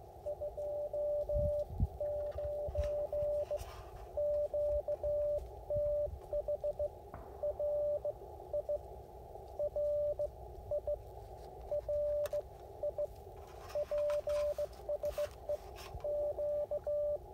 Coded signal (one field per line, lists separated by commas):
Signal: Morse code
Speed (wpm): 16 wpm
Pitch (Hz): 590 Hz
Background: radio noise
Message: 29 QTH RI RI RI PSE Q